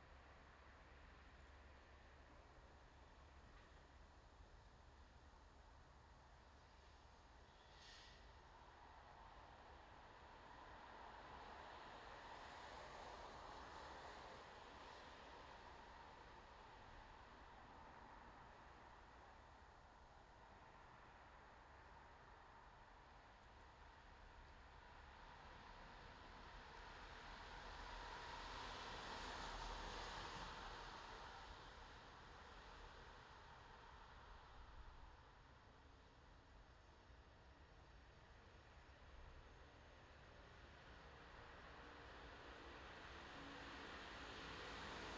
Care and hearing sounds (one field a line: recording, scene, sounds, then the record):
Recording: everyday scene through a hearing-aid microphone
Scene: in traffic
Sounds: traffic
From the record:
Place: bus stop on a city main road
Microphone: in the ear canal, left